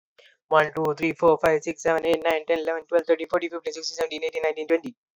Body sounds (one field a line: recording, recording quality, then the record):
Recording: counting at a fast pace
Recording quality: excellent, no background noise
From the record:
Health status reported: healthy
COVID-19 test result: not tested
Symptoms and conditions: none ticked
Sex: male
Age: 28 years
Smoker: not ticked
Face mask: not worn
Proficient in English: yes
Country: India